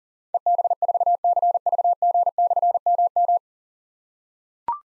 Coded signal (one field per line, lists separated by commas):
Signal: Morse code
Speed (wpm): 42 wpm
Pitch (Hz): 700 Hz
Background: none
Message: EB4CVG/MM